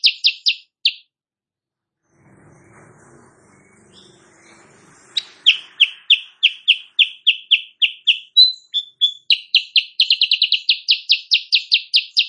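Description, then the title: Sooty-headed bulbul chirps come in quick rows, broken by a pause with a low hum, then a long, rapid stream of sharp, falling notes that speeds up near the end. Sooty-headed bulbul (Kutilang Sutra) singing energetically (gacor) in the morning; used as a master recording for training songbirds and said to make rival birds answer. "Masteran Kutilang Sutra. Kutilang Sutra GACOR pagi hari bikin lawannya AUTO NYAUT"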